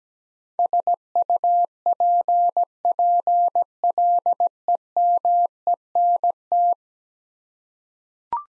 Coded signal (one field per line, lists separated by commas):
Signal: Morse code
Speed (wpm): 17 wpm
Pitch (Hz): 700 Hz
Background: none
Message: SUPPLEMENT